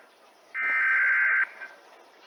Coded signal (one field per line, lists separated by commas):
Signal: Emergency Alert System (SAME) tones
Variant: header bursts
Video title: Reacting To EAS Scenarios By HRW 200